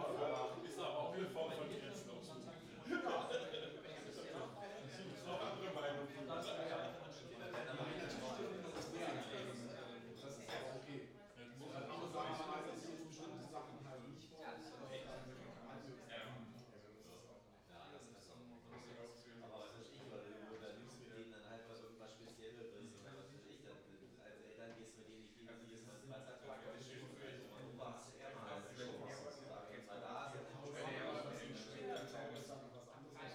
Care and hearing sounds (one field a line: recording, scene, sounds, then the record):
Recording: everyday scene through a hearing-aid microphone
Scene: many people talking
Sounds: many voices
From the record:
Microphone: in the ear canal, right